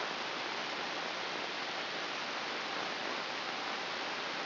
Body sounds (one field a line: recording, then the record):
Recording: brain microelectrode recording played as sound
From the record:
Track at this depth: inside the subthalamic nucleus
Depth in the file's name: 5.934 mm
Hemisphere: right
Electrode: 2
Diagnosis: Parkinson's disease